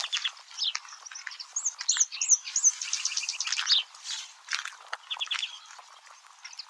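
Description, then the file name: European greenfinch giving a busy run of high chirps, arched notes and short trills, densest in the first four seconds, then scattered softer chirps. "Chloris chloris"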